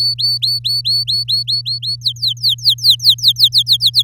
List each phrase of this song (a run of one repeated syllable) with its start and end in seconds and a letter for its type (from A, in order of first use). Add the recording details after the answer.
0.00-1.96 A, 2.01-4.03 B. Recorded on 8 May 2018 at 15:28. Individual llb16